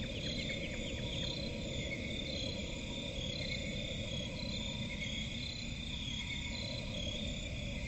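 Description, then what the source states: Crickets trilling in a dense chorus, a short run of quick descending calls near the start, and steady low background rumble. Crickets in a forest at night.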